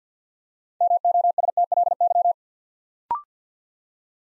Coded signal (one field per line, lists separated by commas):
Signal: Morse code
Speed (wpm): 52 wpm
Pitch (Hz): 700 Hz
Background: none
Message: MOSTLY